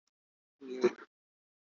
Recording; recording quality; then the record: sustained vowel as in made; moderate, slight background noise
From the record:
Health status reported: recovered from COVID-19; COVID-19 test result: positive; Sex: male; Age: 27 years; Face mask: worn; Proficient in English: yes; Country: India